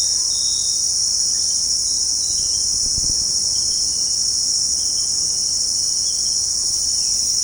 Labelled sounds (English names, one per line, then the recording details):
none
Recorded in secondary vegetation near Puerto Asís, Putumayo, Colombia, on 18 February 2024 at 18:00
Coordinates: 0.489, -76.322
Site G6419